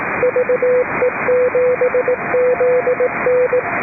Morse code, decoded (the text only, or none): VE7ZN